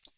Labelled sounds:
Hooded Warbler (Setophaga citrina) flight call

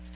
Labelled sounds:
Ovenbird (Seiurus aurocapilla) flight call

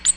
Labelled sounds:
Ovenbird (Seiurus aurocapilla) flight call

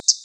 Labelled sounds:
Common Yellowthroat (Geothlypis trichas) flight call

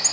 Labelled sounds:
Black-throated Green Warbler (Setophaga virens) flight call

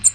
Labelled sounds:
American Redstart (Setophaga ruticilla) flight call

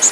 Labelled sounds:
Golden-winged Warbler (Vermivora chrysoptera) flight call

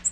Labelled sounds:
Yellow-rumped Warbler (Setophaga coronata) flight call

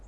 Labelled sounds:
Virginia's Warbler (Leiothlypis virginiae) flight call

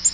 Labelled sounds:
Black-throated Green Warbler (Setophaga virens) flight call

